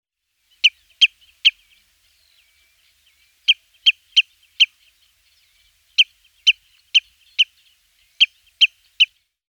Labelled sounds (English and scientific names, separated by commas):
Common Redshank (Tringa totanus)